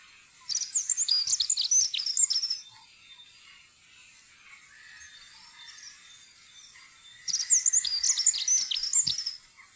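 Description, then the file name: Dunnock song, a hurried high-pitched warbling phrase of about two seconds, repeated after a pause of about five seconds. "jernspurv"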